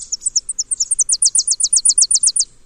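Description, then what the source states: Tennessee Warbler song: very high, thin notes in a loose series, then a fast, dry trill of many sharp, even notes. Spring migrant that crosses the Gulf of Mexico from Yucatán to the southeastern United States.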